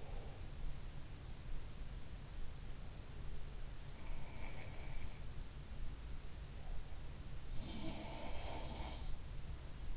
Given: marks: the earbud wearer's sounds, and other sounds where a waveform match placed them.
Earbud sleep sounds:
sounds in sleep by an in-ear microphone; breath
0.00-0.49 s: breath
3.82-5.51 s: sound from someone else or the room
7.36-9.18 s: sound from someone else or the room

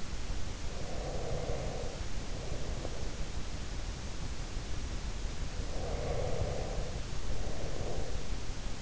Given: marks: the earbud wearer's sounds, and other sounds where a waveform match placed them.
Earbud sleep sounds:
sounds in sleep by an in-ear microphone; breath
0.76-3.88 s: breath
5.35-8.82 s: breath

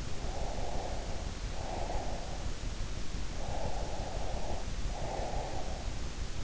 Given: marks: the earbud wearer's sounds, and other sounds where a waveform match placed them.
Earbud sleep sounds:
sounds in sleep by an in-ear microphone; breath
0.13-2.52 s: breath
3.36-5.94 s: breath

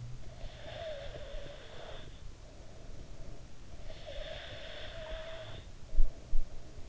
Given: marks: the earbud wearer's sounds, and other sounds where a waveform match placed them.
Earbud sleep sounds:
sounds in sleep by an in-ear microphone; breath
0.21-3.33 s: breath
3.53-6.89 s: breath

